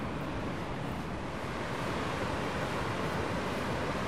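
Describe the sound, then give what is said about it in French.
Water flows abundantly in a stream, making a steady, dense rushing hiss that holds an even loudness throughout, with no voices or other sounds. “la circulation du flux incessant des voitures est vraiment très proche de celui de l'eau qui coule assez abondamment.”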